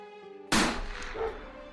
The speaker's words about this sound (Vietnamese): Là cảnh sát và bộ đội biên phòng, có cả tiếng súng bắn chỉ thiên và tiếng của chó nghiệp vụ.